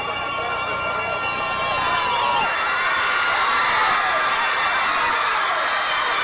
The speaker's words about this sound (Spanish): La gente se ha puesto a gritar. El ciego puede ver. ¡Puede ver! ¡Esto es un milagro! ¡Ha ocurrido otro milagro!